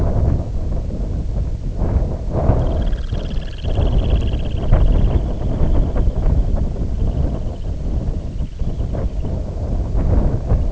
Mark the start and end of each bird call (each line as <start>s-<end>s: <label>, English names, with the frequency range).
2.46s-9.39s: Dunlin (0.6-6.2 kHz)